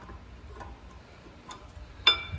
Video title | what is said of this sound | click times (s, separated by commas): REAR BRAKES (PADS & ROTORS) INSTALL on a Fiat 500 Abarth - HOW TO! | Should just kind of pop into place. | 2.1 s